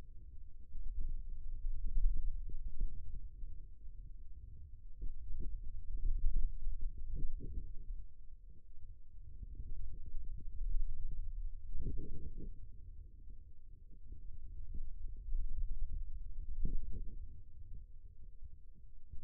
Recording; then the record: forearm muscle sounds (acoustic myography)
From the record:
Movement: hand opening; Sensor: system 2, bracelet of six BSWA MPA416 microphones around the upper forearm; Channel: 3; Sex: male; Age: 22 years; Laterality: right